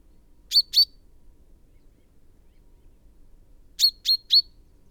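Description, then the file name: Chaffinch call notes: two sharp high notes, a three-second pause, then three more in quick even succession, all clipped with short tonal tails. "Fringilla coelebs"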